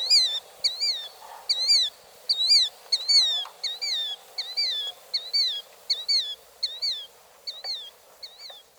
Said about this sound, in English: While his companion of the shoreline, a killdeer, calls his name as he circles overhead.